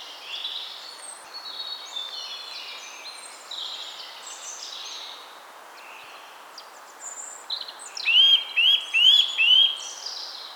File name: Sitta europaea